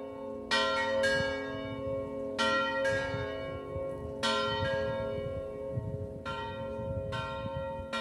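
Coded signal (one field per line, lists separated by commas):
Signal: bell signal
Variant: distesa swinging ringing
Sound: church bells swinging and striking irregularly, about eight strikes in eight seconds, long ringing decay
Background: low outdoor rumble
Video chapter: [0:15] Distesa discendente di II/III/IV campana come primo ed unico cenno per la messa prefestiva delle 19.00.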